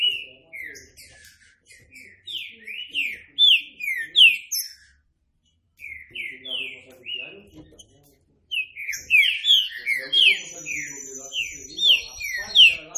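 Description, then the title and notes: Green-winged saltator song, bursts of rich downslurred whistles in phrases separated by short pauses, with soft low chatter beneath and a thin high buzz late on. Classic song style (canto clássico) of the Green-winged saltator, presented as a training recording. "Canto Clássico Trinca Ferro TREINAMENTO. trinca fero"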